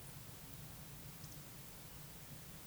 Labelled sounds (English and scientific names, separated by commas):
Eurasian Woodcock (Scolopax rusticola) whistle